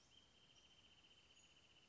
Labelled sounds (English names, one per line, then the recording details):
Wrentit
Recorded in Sonoma County, California